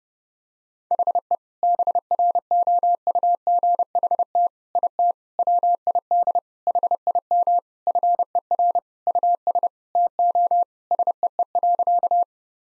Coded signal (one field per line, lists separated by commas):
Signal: Morse code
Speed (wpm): 30 wpm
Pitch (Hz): 700 Hz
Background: none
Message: HE BROUGHT IT WID HIM FER US TO SEE.